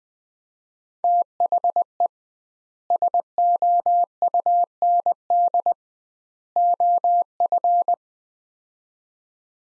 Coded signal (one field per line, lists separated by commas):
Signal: Morse code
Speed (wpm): 20 wpm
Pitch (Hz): 700 Hz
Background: none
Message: THE SOUND OF